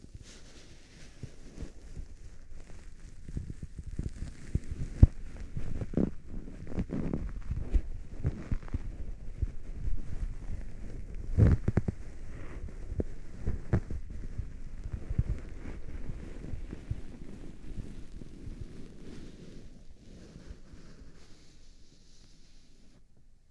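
Ear cleaning and massaging sounds as low, muffled rubbing and crackling, with sharp pops near five and twelve seconds, easing off toward the end.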